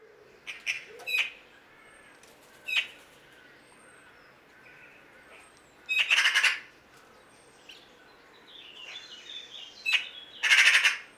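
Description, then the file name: Eurasian magpie giving harsh, rasping calls: a few shorter noisy notes, then two loud noisy chatter bursts about four and a half seconds apart, over steady background noise. "Pica pica"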